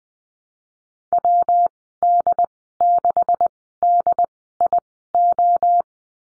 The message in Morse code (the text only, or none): WD6DIO